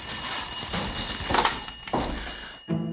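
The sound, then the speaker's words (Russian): An investigator's telephone rings with a harsh, metallic jangle in repeated bursts over a noisy background, then cuts off abruptly near the end, leaving a low hum. No one speaks. “Да, следователь Савченко у телефона.”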